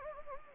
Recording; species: mosquito wingbeat signal from an infrared sensor; Anopheles gambiae